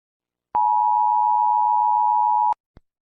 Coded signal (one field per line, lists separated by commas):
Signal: Emergency Alert System (SAME) tones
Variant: 853 and 960 Hz attention tone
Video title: Usa vs Russia EAS scenario-my First EAS scenario (Sorry for bad quality)